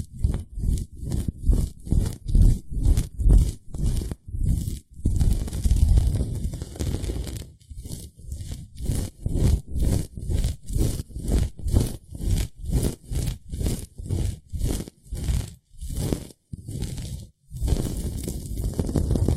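Ear picking and ear massage: a quick, regular run of rubbing strokes, roughly two or three per second, each with a low muffled thump and a dry crackly edge. Longer, steadier rubbing fills the middle and the last seconds, with brief silent gaps between.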